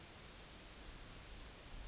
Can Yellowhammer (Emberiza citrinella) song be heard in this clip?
no